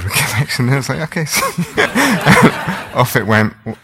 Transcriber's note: laughter